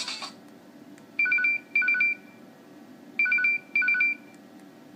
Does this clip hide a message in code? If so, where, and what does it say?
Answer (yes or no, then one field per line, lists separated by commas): no